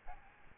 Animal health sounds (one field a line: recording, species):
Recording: mosquito wingbeat signal from an infrared sensor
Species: Aedes albopictus